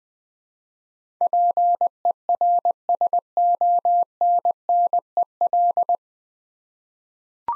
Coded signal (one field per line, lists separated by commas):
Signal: Morse code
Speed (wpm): 21 wpm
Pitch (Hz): 700 Hz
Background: none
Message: PERSONNEL